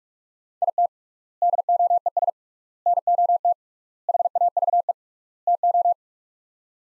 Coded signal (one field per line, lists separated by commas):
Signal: Morse code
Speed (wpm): 46 wpm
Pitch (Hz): 700 Hz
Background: none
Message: IT DOES NOT HAVE TO